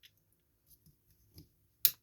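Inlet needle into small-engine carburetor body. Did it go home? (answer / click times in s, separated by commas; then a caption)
yes / 1.9 s. An inlet needle is pushed by hand back into the carburetor body of a 5 1/2 hp Briggs & Stratton engine on a Craftsman pressure washer. A few faint ticks come first, then one sharp snap at 1.9 s as the needle seats in place.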